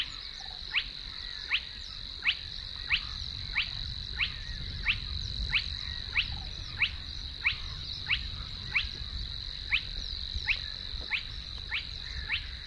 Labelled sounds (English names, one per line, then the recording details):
Spotted Crake
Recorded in the wild
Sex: male
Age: adult
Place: Warsow, Kummerower See, Mecklenburg-Vorpommern, DE
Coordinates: 53.8361, 12.8394
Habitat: wetland
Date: 2009-06-16
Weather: heiter, schwacher Wind aus West, ca. 15 °C
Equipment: Sound Devices 702, Sennheiser MKH 70, Popschutz
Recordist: Frommolt, Karl-Heinz